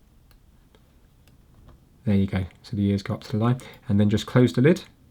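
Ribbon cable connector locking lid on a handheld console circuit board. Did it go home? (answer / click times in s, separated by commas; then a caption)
no / none. A ribbon cable is being fitted into the connector on the right thumbstick circuit board of a PlayStation Portal handheld console, with the cable's small ears lined up to the line before the connector's locking lid is closed from the top. Faint light ticks sound at about 0.3, 0.8, 1.3 and 1.7 seconds, then someone talks from about 2.1 seconds to the end. The clip ends before the lid closes, so nothing has seated or clicked yet.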